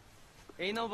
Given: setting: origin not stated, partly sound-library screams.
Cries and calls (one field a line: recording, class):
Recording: one-second piece from a danger detection set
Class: normal situation